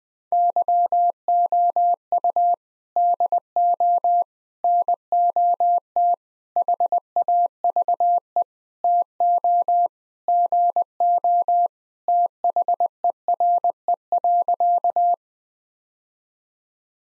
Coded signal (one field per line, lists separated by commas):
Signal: Morse code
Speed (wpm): 20 wpm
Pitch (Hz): 700 Hz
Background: none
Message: YOU DO NOT HAVE TO GO THERE.